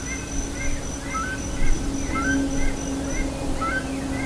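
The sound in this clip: Bird calls: quick rising notes repeated about once a second against a low droning hum.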